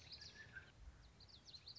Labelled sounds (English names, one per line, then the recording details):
Common Yellowthroat
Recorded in Sonoma County, California